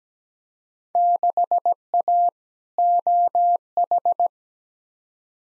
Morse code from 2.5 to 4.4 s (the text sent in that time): OH